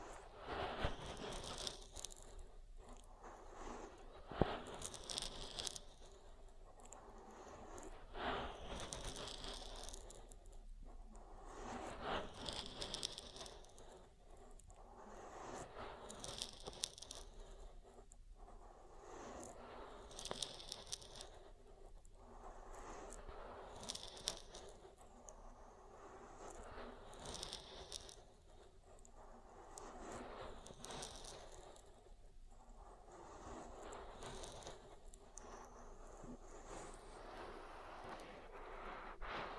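An oil ear massage: a continuous stream of wet rubbing, squishing and scraping sounds, dense and fairly even in loudness. Brief brighter crackles and sharper strokes break through every second or two, with a low steady hum underneath throughout.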